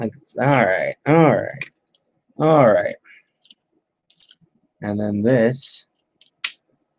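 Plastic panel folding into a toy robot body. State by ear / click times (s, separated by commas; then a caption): seated / 6.4 s. Someone talks while a plastic panel on a Maketoys MT-03 Hypernovae (Nova Prime) toy robot is swung down into the robot body, with a few faint small clicks between phrases. The panel snaps into its slot with a loud, sharp click at 6.5 s and is seated.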